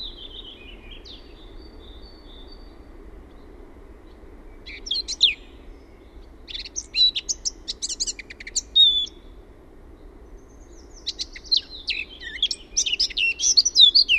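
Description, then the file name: Eurasian blackcap song: several bursts of scratchy, chattering warble separated by pauses, the last one longest, over a faint low hum. "MUSTAPAAKERTTU"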